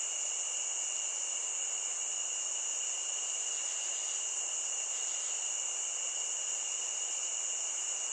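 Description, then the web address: Cricket chorus as an unbroken shrill high trill, with a thinner lower tone beneath, steady and even throughout. Nature ambience of crickets. "SFXBible ambience-nature-crickets"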